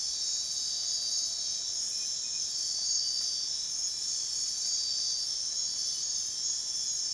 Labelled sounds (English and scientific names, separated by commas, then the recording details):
none
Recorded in dense forest near Puerto Asís, Putumayo, Colombia, on 19 February 2024 at 04:30
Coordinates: 0.499, -76.324
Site G6469